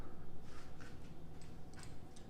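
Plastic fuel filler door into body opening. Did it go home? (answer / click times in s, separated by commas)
no / none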